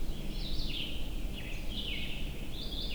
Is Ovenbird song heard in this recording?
no